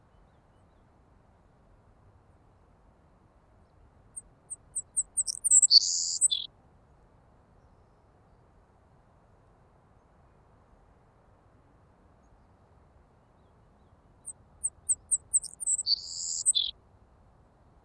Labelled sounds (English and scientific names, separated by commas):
Savannah Sparrow (Passerculus sandwichensis) song